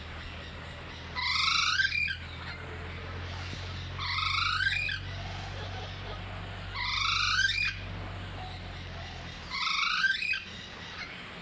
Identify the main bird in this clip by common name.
Red-necked Amazon